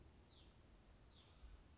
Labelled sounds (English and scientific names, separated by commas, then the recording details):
Hutton's Vireo (Vireo huttoni)
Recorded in Sonoma County, California